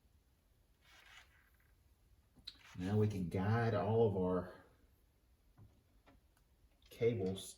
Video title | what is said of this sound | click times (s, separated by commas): Pros Tips: Building Hot Rods | This piece goes up in there like that and it locks in place. | 2.5 s